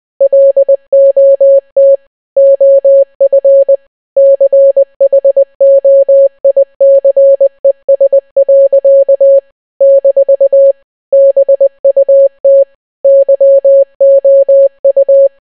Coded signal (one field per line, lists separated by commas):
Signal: Morse code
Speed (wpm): 20 wpm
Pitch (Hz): 550 Hz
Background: none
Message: LOT OF CHOICES. - BUT YOU